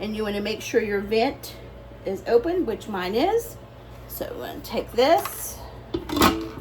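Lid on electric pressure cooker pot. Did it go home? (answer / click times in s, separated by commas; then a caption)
no / none. Someone talks while handling the lid of an electric pressure cooker, which has its sealing ring removed and its vent open, and brief knocks are heard near the end as the lid is set on the pot. Nothing has seated or clicked yet; the clip ends before the lid is turned and locks.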